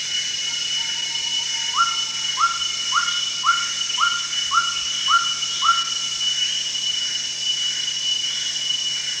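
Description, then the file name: Greater racket-tailed drongo whistles: a low flat note, then eight sharply rising whistled notes repeated roughly every 0.6 seconds, over a constant high insect drone. Recorded at Danum, apparently on 1 January 2008. "DANUM 20080101"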